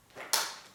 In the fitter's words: that clicks right in just like that.